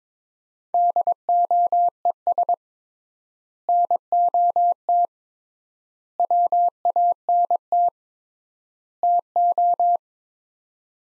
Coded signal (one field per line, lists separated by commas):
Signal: Morse code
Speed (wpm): 22 wpm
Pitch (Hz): 700 Hz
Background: none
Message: DOES NOT WANT TO